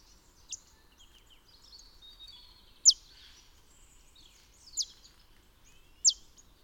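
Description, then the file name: Marsh tit calls: four sharp, very high, downslurred notes at uneven intervals, over faint thin background twittering. "Poecile palustris"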